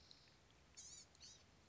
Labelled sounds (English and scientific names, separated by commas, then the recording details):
Blue-gray Gnatcatcher (Polioptila caerulea)
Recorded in Sonoma County, California